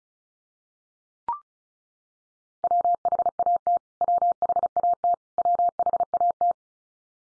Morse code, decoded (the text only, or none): WHAT WHAT WHAT